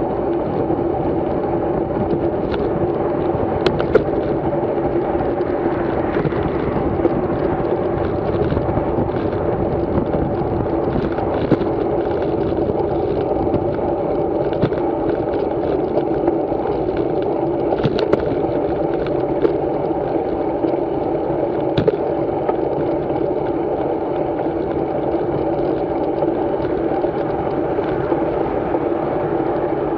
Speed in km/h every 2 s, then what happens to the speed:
35, 38, 41, 37, 36, 35, 32, 34, 31, 29, 30, 31, 30, 32, 29.
0-5 speeds up to 41. 5-11 slows to 32. 11-30 steady at about 31.